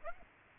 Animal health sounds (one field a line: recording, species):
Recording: mosquito wingbeat signal from an infrared sensor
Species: Aedes aegypti